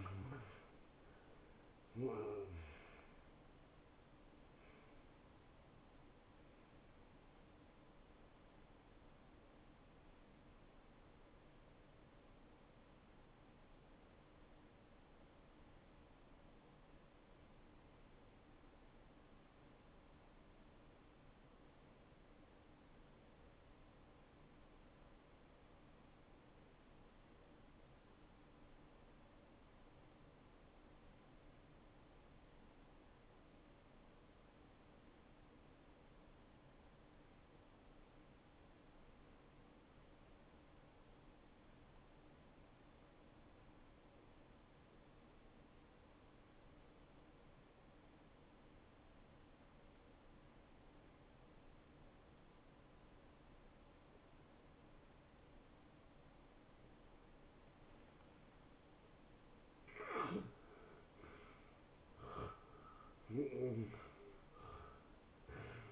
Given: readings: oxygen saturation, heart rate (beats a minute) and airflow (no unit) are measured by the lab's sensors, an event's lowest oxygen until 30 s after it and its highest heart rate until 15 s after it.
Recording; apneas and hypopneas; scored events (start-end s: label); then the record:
breathing in sleep by a voice recorder at the bedside; 1
12.00-59.10 s: obstructive apnea (N1, oxygen 96% highest, then 84% lowest, heart rate 63 at the start, 81 highest)
From the record:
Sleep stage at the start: N1 (lightest sleep); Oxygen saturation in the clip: 83 to 96%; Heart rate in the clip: 56 to 79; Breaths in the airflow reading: 6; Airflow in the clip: -17.9 to 11.7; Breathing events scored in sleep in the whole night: 263 in 5.5 hours asleep